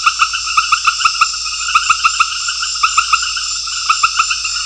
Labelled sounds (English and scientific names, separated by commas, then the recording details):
none
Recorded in secondary vegetation near Puerto Asís, Putumayo, Colombia, on 4 March 2025 at 19:30
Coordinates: 0.498, -76.327
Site G001